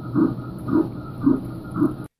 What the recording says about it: They share the sounds of their heart beating. An unborn baby's heart is already beating at just 3 weeks. By 5 weeks, you can hear that heartbeat on ultrasound.